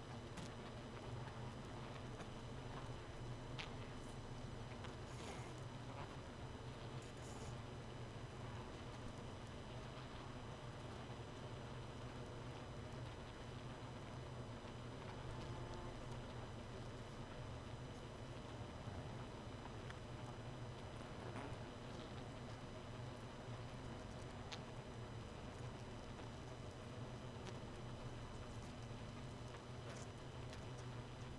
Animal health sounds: honeybee colony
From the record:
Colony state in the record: missing queen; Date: 31 May 2018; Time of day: 2:01

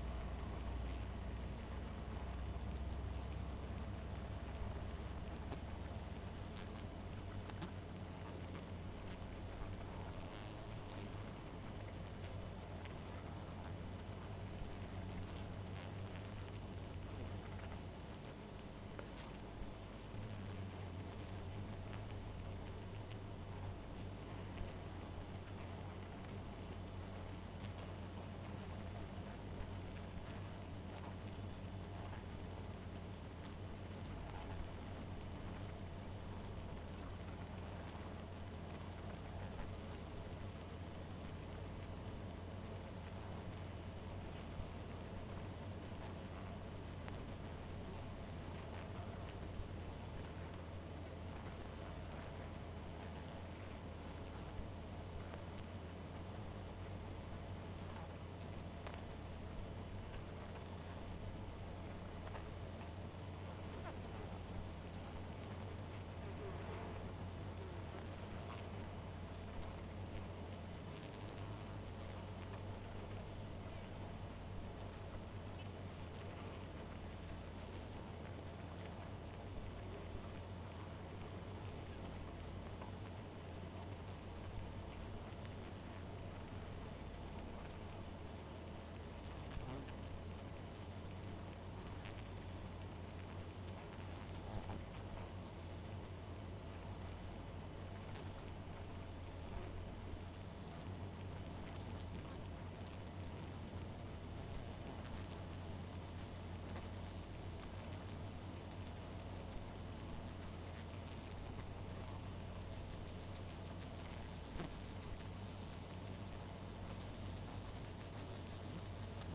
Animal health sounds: honeybee colony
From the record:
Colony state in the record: missing queen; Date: 14 July 2017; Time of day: 0:56

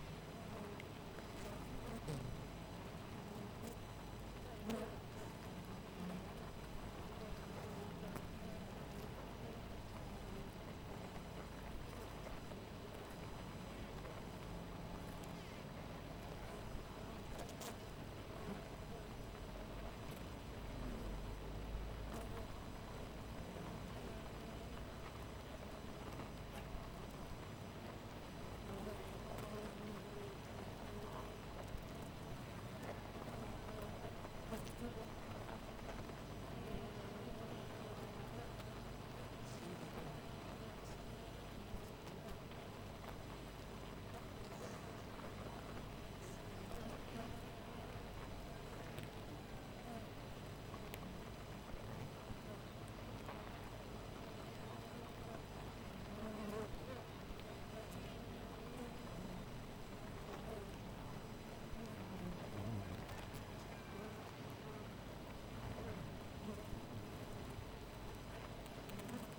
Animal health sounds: honeybee colony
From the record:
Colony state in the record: missing queen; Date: 14 July 2017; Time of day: 4:24

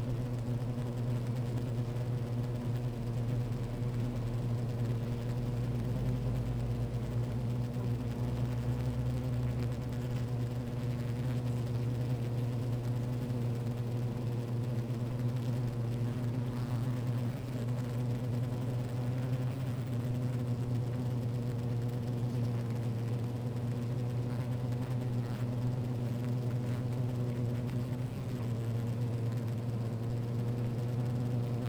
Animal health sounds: honeybee colony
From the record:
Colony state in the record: active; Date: 28 July 2017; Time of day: 15:30

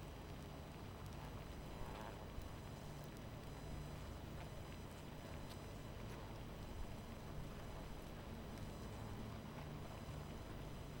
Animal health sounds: honeybee colony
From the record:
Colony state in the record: missing queen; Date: 14 July 2017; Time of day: 22:39

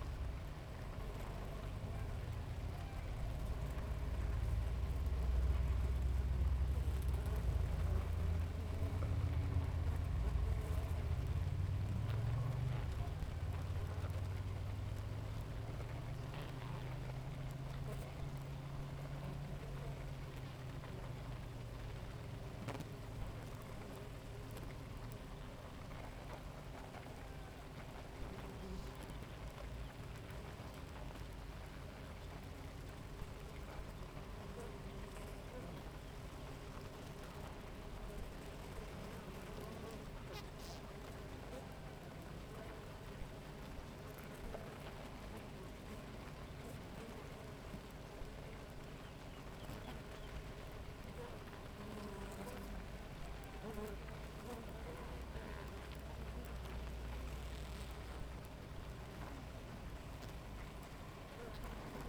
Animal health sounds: honeybee colony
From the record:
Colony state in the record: active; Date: 28 July 2017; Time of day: 7:01

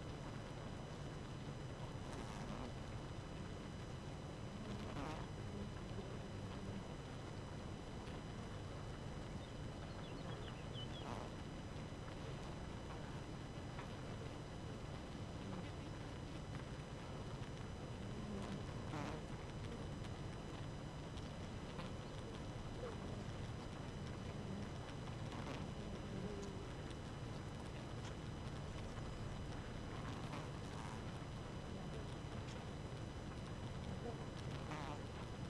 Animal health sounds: honeybee colony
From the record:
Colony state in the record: active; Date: 12 June 2018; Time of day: 4:00

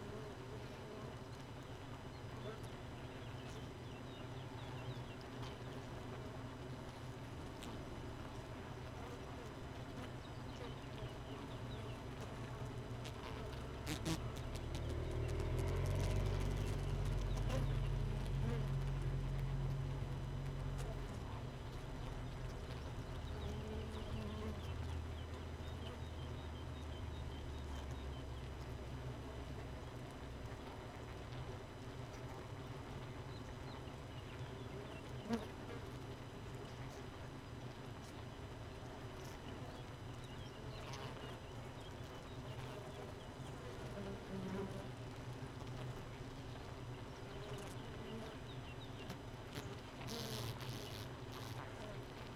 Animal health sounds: honeybee colony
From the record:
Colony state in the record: missing queen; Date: 31 May 2018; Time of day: 4:13

